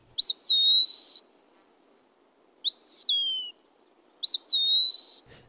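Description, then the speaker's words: Eastern Wood-Pewee song: three clear whistled phrases, slurred and drawn out, the middle one rising then dropping sharply, with quiet gaps between and otherwise silence. Distinct two-syllable song gives the species its name; can be confused with the eastern phoebe's song. "Not surprisingly, the eastern wood pewee gets its name from its distinct two-syllable song, which can sometimes be confused with that of the eastern phoebe, featured in this series back in April."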